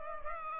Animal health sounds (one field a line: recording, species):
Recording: mosquito wingbeat signal from an infrared sensor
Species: Culex pipiens